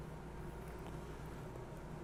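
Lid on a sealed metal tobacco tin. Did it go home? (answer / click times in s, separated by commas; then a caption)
no / none. A lid is twisted and pried on a sealed metal pipe tobacco tin, trying to break the vacuum seal. Only a steady low rumble is heard, with no pop. The seal has not popped open yet.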